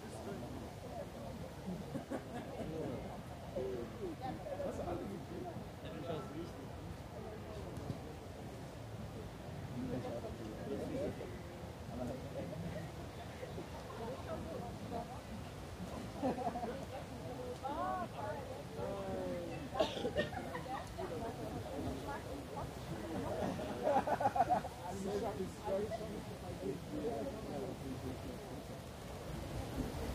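Bustling park scene in Munich's Englischer Garten, filled with a dense, steady murmur of many overlapping voices. A low rumble, like traffic, runs underneath throughout. A few brief louder sounds stand out near 20 and 24 seconds, possibly a raised voice or clatter.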